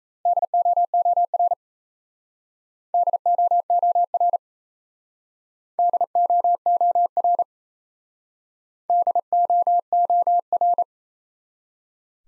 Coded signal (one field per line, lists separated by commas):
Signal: Morse code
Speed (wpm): 38 wpm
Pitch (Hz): 700 Hz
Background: none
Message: DOOR DOOR DOOR DOOR